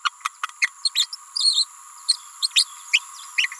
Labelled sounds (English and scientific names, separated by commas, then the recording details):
Green-rumped Parrotlet (Forpus passerinus) babbling
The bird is a female
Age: 28 days
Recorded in a nest box in Venezuela
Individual 17B31A3